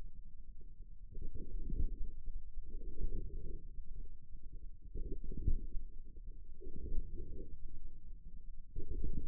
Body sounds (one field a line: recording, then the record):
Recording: forearm muscle sounds (acoustic myography)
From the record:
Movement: inward rotation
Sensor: system 2, bracelet of six BSWA MPA416 microphones around the upper forearm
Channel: 4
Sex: male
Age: 22 years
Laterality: right